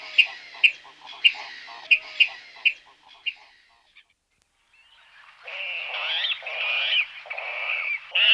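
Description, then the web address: Water rail calls: a series of sharp spaced pips, a brief near-silence, then loud harsh squealing bursts. "fugle stemmer. Vandrikse"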